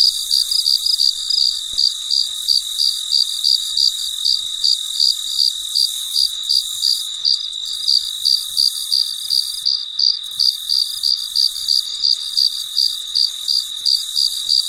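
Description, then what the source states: Cricket producing a regular high chirp about three times each second, with a continuous ringing hum underneath. Recorded late at night; very quiet surroundings.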